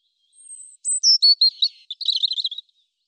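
European robin song: a thin high whistle, then a quick run of clear notes dropping and wavering into a fast warbling trill, all high-pitched on a silent background.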